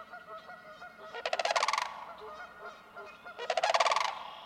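Sandhill crane rattling bugle calls, two loud rolling bursts about two seconds apart.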